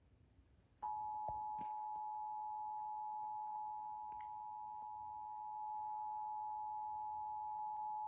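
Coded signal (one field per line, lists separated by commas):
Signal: Emergency Alert System (SAME) tones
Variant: 853 and 960 Hz attention tone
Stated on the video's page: Pennsylvania required monthly test as aired by a cable provider and two broadcast television networks.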